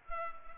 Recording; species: mosquito wingbeat signal from an infrared sensor; Culex pipiens